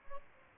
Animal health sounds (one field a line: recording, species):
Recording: mosquito wingbeat signal from an infrared sensor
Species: Aedes albopictus